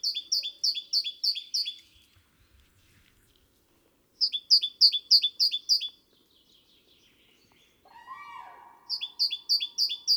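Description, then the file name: Great tit song in three runs of repeated two-note phrases, high then lower, separated by pauses, with a rougher, lower sound before the last run. "Parus major"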